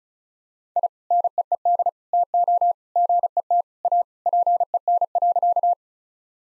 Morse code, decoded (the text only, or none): I NEED TO GET A PEN.